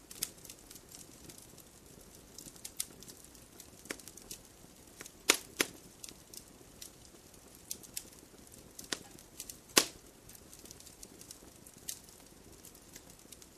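A fireplace fire crackles, with sharp snaps scattered irregularly throughout, several of them louder pops around five to six seconds and near ten seconds. Beneath the snaps runs a low, steady rumble of burning with a soft hiss.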